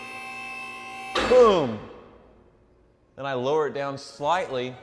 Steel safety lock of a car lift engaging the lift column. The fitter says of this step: once it hits the lock right there you'll see it in a bit it'll crash down boom